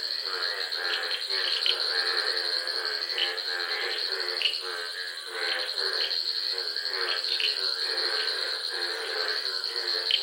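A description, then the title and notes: Frogs and toads call nonstop in a dense, pulsing chorus, with a steady high insect whine running underneath and sharper chirps popping through. Wetland voices at midnight. Constant pulsating calls and songs of frogs, toads and subtle insects. Ghana. Recorded by Samuel Kudjodzi.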